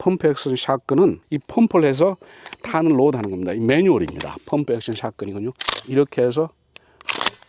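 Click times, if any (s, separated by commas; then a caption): 7.3 s. A Remington 870 pump-action shotgun has its pump slide worked back and forward to load it. Someone talks first, then sharp mechanical clacks come from the slide and bolt. The action closes and locks at 7.3 s.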